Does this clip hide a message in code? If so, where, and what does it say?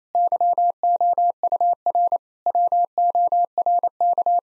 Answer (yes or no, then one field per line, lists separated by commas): yes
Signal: Morse code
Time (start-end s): 0.1-4.4 s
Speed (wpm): 28 wpm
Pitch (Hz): 700 Hz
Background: none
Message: YOUR WORK